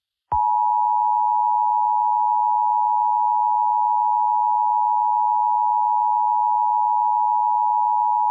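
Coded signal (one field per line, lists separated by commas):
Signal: Emergency Alert System (SAME) tones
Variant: 853 and 960 Hz attention tone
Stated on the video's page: Fictional EAS scenario about a pandemic virus.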